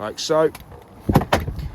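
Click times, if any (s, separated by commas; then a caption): 1.2 s, 1.3 s. Someone talks as the lower lever of a folded rear passenger seat in a Ford Tourneo Custom Sport L1 2.0 EcoBlue 185PS 6-speed manual passenger van is pulled upwards. The seat swings down and latches into its floor mounting with metallic clunks at 1.2 s and 1.3 s, and it is locked in position.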